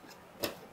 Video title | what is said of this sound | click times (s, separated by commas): Build the 007 Aston Martin DB5 - Agora Models - Pack 10 - Stages 76-84 | so snap into place just like that | 0.4 s